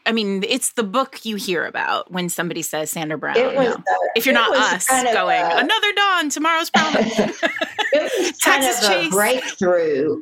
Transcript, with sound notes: I mean, it's the book you hear about when somebody says, "Sandra Brown," if you're not us going, "Another Dawn! Tomorrow's Promise!" (laughter)
It was kind of a breakthrough